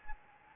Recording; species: mosquito wingbeat signal from an infrared sensor; Anopheles gambiae